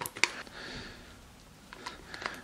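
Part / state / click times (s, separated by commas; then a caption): detachable microphone plug into headset ear cup jack / seated / 0.2 s. A detachable microphone plug is pushed into the mic port on the ear cup of a HyperX Cloud II Pro gaming headset after its rubber cover has been removed. A sharp click at 0.2 s marks the plug seating fully, and smaller handling taps follow near the end.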